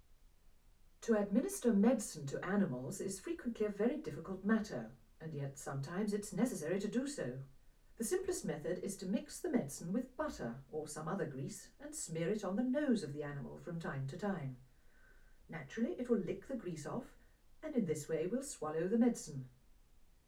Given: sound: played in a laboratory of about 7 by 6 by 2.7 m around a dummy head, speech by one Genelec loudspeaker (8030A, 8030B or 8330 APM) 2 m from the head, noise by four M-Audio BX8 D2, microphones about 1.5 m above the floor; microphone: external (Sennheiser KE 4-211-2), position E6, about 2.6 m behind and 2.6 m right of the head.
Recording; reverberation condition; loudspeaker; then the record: female speech in English; low; 90 degrees to the left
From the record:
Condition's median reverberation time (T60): about 310 ms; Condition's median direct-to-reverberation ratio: about 3.5 dB